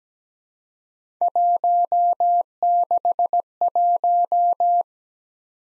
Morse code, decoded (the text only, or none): 161